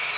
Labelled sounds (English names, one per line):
Cape May Warbler flight call